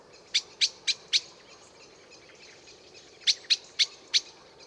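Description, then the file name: Common blackbird giving hard chink calls in two even runs of four, separated by a pause of about two seconds. "Turdus merula"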